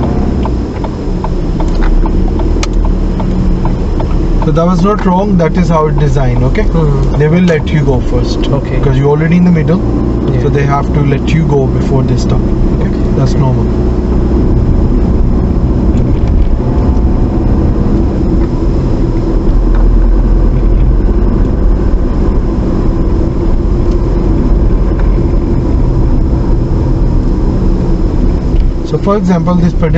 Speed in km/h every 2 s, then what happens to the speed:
18, 16, 19, 24, 29, 29, 29, 31, 32, 35, 37, 34, 32, 27, 24.
3-8 speeds up to 29. 8-23 steady at about 31. 23-30 slows to 24.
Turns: 0-5.